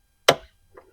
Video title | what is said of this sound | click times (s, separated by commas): 2021-2025 WL Jeep Grand Cherokee Park Override Procedure | And as you push it down, it's actually going to start rotating by itself until you hear a click. | 0.3 s